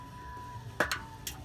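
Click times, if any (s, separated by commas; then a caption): 0.8 s. Working by feel behind the bumper of a 2007–2015 Chevrolet, GMC or Cadillac during a tow hitch installation, a keyed plastic wiring connector is turned to line up its keyway, slid over its mating socket and pushed home. It snaps in with a sharp click at 0.8 s, followed by two quieter clicks around 0.9 s and 1.3 s over a faint steady tone. The connector is seated and is then tugged to confirm it is clicked in.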